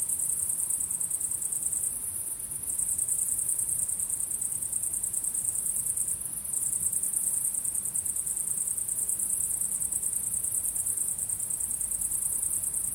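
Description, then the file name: High, thin cricket chirping in a continuous rapid pulse, dipping for a moment near two and six seconds, otherwise unbroken. Crickets at sunset. "syrsor solnedgang"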